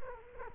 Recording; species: mosquito wingbeat signal from an infrared sensor; Culex quinquefasciatus